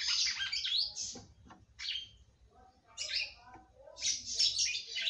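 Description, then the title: Red-cowled cardinal song: four bursts of high chattering and whistled phrases over a faint low rumble. "Galo De Campina"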